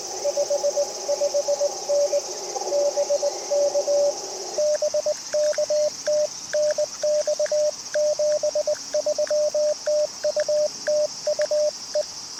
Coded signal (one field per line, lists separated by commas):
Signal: Morse code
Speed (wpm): 20 wpm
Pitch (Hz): 590 Hz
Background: radio noise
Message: 55N BK BK TNX 73 TU TU E